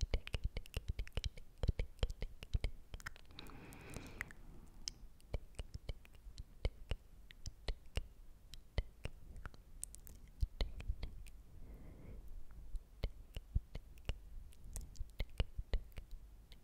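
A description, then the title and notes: Dry mouth sounds: wet clicks, smacks and tongue pops scattered irregularly, several per second. A soft breathy whisper-like passage rises around four seconds and again near twelve, between the crisp clicking. ASMR MOUTH SOUNDS and POSITIVE AFFIRMATIONS.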